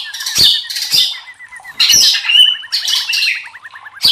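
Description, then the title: White-rumped shama song: loud harsh bursts alternating with rapid repeated whistled notes and fast chattering trills. Masteran training recording for cage birds; murai batu labaik. "MASTERAN MURAI BATU LABAIK"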